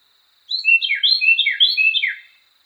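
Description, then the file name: Carolina wren song: a loud, ringing phrase of three notes, high then lower then sliding down, repeated three times in quick rhythm; a faint steady high tone beneath. Song variation 5. "suara-kicauan-burung-carolina-wren-variasi-5-omkicau"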